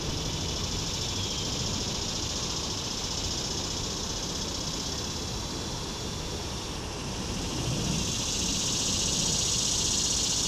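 A swamp cicada's high, steady buzz runs through the whole clip, growing louder and sharper over the last few seconds. Underneath, a constant low rumble of distant road traffic fills the background.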